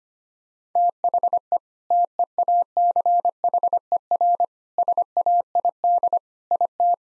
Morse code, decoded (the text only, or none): THE TEACHER SAID IT